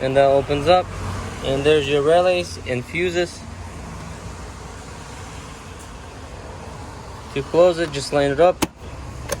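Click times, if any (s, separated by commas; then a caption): 9.3 s. A plastic fuse box cover on the driver's side interior fuse panel of a 1998–2000 Ford Ranger is lined up and pushed closed while someone talks over a low, steady background hum. A sharp click at 9.3 s marks the cover latching shut and seating in the panel.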